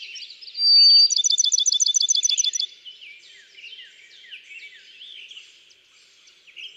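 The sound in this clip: Bachman's sparrow song: a pure sustained whistle leading straight into a fast, ringing trill, followed by quieter twittering from other birds.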